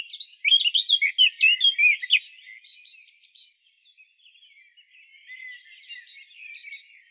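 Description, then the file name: Eurasian blackcap warbling song, fast scratchy and fluting notes at the start, then a pause and quieter chattering with repeated short high whistles behind. "Sylvia atricapilla"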